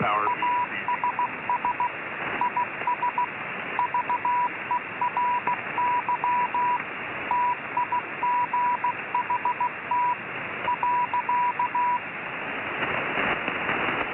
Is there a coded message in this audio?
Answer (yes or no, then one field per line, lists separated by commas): yes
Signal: Morse code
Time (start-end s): 0.3-12.0 s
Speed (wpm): 16 wpm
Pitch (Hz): 980 Hz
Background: radio noise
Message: ASS IS VERY TIGHT .